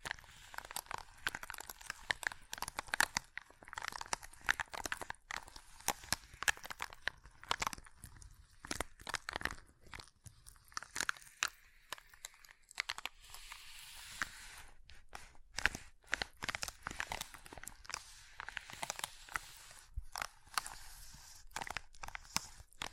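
Ice being tapped, scratched and carved, with a dense, nearly constant stream of sharp crunching clicks and gritty scrapes. The sounds are bright and brittle with little low end, coming in quick irregular bursts and short rasping strokes across the whole stretch.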